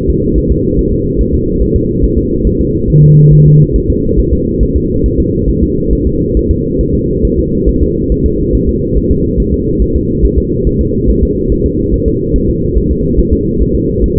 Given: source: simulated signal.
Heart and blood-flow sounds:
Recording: fetal heart sounds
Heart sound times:
0.10 s: S2
0.38 s: S1
0.51 s: S2
0.79 s: S1
0.93 s: S2
1.21 s: S1
1.34 s: S2
1.62 s: S1
1.76 s: S2
2.04 s: S1
2.18 s: S2
2.47 s: S1
2.61 s: S2
2.90 s: S1
3.04 s: S2
3.33 s: S1
3.47 s: S2
3.76 s: S1
3.90 s: S2
4.19 s: S1
4.33 s: S2
4.63 s: S1
4.76 s: S2
5.06 s: S1
5.20 s: S2
5.50 s: S1
5.63 s: S2
5.93 s: S1
6.07 s: S2
6.37 s: S1
6.51 s: S2
6.81 s: S1
6.95 s: S2
7.25 s: S1
7.39 s: S2
7.69 s: S1
7.82 s: S2
8.12 s: S1
8.26 s: S2
8.55 s: S1
8.69 s: S2
8.98 s: S1
9.11 s: S2
9.40 s: S1
9.54 s: S2
9.82 s: S1
9.96 s: S2
10.25 s: S1
10.38 s: S2
10.67 s: S1
10.81 s: S2
11.09 s: S1
11.23 s: S2
11.52 s: S1
11.66 s: S2
11.94 s: S1
12.08 s: S2
12.36 s: S1
12.50 s: S2
12.78 s: S1
12.91 s: S2
13.19 s: S1
13.33 s: S2
13.62 s: S1
13.75 s: S2
14.04 s: S1
14.18 s: S2
From the record:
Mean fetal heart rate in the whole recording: 140 bpm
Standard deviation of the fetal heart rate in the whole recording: 2 bpm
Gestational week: 34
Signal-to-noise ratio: -14.7 dB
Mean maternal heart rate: 72 bpm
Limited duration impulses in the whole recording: present

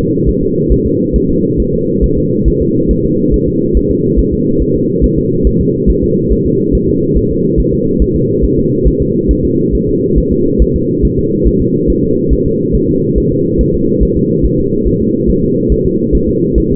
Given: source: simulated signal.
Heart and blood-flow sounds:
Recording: fetal heart sounds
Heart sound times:
0.29 s: S1
0.43 s: S2
0.72 s: S1
0.86 s: S2
1.16 s: S1
1.30 s: S2
1.60 s: S1
1.74 s: S2
2.04 s: S1
2.18 s: S2
2.48 s: S1
2.62 s: S2
2.91 s: S1
3.05 s: S2
3.34 s: S1
3.48 s: S2
3.77 s: S1
3.91 s: S2
4.19 s: S1
4.34 s: S2
4.62 s: S1
4.76 s: S2
5.04 s: S1
5.18 s: S2
5.47 s: S1
5.61 s: S2
5.90 s: S1
6.04 s: S2
6.32 s: S1
6.47 s: S2
6.75 s: S1
6.89 s: S2
7.17 s: S1
7.31 s: S2
7.60 s: S1
7.74 s: S2
8.02 s: S1
8.16 s: S2
8.44 s: S1
8.59 s: S2
8.88 s: S1
9.02 s: S2
9.31 s: S1
9.45 s: S2
9.75 s: S1
9.89 s: S2
10.18 s: S1
10.32 s: S2
10.62 s: S1
10.76 s: S2
11.05 s: S1
11.19 s: S2
11.47 s: S1
11.62 s: S2
11.90 s: S1
12.04 s: S2
12.33 s: S1
12.47 s: S2
12.75 s: S1
12.90 s: S2
13.18 s: S1
13.32 s: S2
13.61 s: S1
13.75 s: S2
14.03 s: S1
14.17 s: S2
14.46 s: S1
14.60 s: S2
14.88 s: S1
15.02 s: S2
15.30 s: S1
15.44 s: S2
15.72 s: S1
15.86 s: S2
16.15 s: S1
16.29 s: S2
16.58 s: S1
16.72 s: S2
From the record:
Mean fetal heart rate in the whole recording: 140 bpm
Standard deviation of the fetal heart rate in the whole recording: 2 bpm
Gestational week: 34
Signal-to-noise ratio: -11.2 dB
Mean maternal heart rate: 72 bpm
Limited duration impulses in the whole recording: present

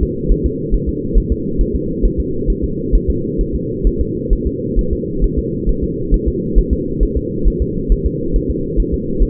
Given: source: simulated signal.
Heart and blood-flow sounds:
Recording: fetal heart sounds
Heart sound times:
0.03 s: S2
0.32 s: S1
0.46 s: S2
0.74 s: S1
0.89 s: S2
1.17 s: S1
1.32 s: S2
1.61 s: S1
1.75 s: S2
2.05 s: S1
2.20 s: S2
2.50 s: S1
2.64 s: S2
2.95 s: S1
3.10 s: S2
3.41 s: S1
3.55 s: S2
3.87 s: S1
4.01 s: S2
4.33 s: S1
4.47 s: S2
4.79 s: S1
4.93 s: S2
5.24 s: S1
5.38 s: S2
5.69 s: S1
5.83 s: S2
6.14 s: S1
6.28 s: S2
6.58 s: S1
6.73 s: S2
7.03 s: S1
7.17 s: S2
7.48 s: S1
7.62 s: S2
7.92 s: S1
8.06 s: S2
8.36 s: S1
8.50 s: S2
8.80 s: S1
8.94 s: S2
9.22 s: S1
From the record:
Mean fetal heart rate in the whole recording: 135 bpm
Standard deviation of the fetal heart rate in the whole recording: 3 bpm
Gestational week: 36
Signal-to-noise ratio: -6.6 dB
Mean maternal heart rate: 72 bpm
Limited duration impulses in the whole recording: present

